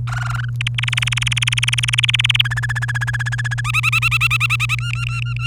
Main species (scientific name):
Serinus canaria